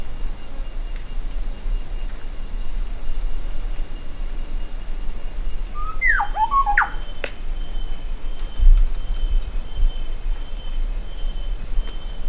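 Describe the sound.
Bird call: a short burst of whistled notes sliding down from high to mid pitch around six seconds in, over a steady high hiss.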